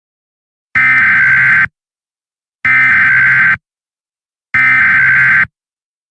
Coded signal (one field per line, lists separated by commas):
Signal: Emergency Alert System (SAME) tones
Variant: header bursts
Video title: SCP-173 EAS Scenario Remastered